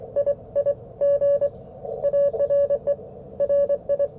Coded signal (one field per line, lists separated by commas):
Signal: Morse code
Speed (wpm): 25 wpm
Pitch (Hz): 570 Hz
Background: none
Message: I I G ARE RI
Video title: Morning Morse Code - 09/24/2024